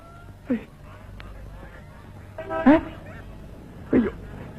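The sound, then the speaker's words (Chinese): A flock of white geese belonging to the commune honk three times at uneven intervals, each call a short, nasal, harsh blast, the middle one loudest and longest, over a steady low background rumble. “喏，都是这群该死的白鹅。”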